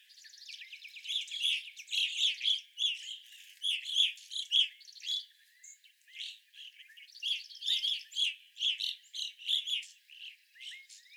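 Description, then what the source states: Evening grosbeak flock chattering, repeated sharp chirps in irregular bursts, with some rising slurred notes mixed in. Several evening grosbeaks, recorded 25 April 2021.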